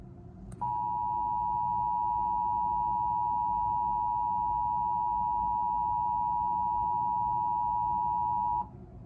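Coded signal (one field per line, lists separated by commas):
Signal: Emergency Alert System (SAME) tones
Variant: 853 and 960 Hz attention tone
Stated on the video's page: Live capture of the National Periodic Test.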